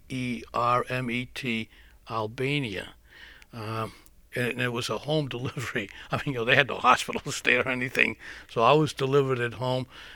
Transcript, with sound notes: P-E-R-M-E-T, Albania. And it was a home delivery. ((he laughs)) I mean, you know, they had no hospitals there or anything. So I was delivered at home.